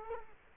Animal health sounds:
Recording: mosquito wingbeat signal from an infrared sensor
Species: Culex quinquefasciatus

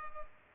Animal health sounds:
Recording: mosquito wingbeat signal from an infrared sensor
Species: Culex pipiens

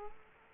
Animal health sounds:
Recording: mosquito wingbeat signal from an infrared sensor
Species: Culex quinquefasciatus

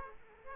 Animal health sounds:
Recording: mosquito wingbeat signal from an infrared sensor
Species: Aedes aegypti

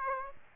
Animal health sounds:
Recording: mosquito wingbeat signal from an infrared sensor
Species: Aedes aegypti

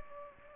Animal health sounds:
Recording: mosquito wingbeat signal from an infrared sensor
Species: Culex pipiens

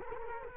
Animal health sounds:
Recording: mosquito wingbeat signal from an infrared sensor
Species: Culex quinquefasciatus

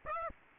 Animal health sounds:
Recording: mosquito wingbeat signal from an infrared sensor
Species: Aedes aegypti

